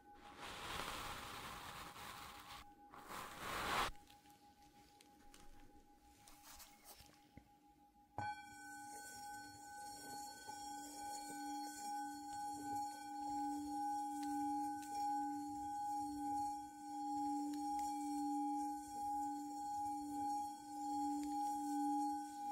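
Soft brushing and rubbing sounds fill the first few seconds, with a thick, hissing swipe around three to four seconds. At about eight seconds a Tibetan singing bowl is struck, and its steady, ringing tones hum and waver gently for the rest of the clip.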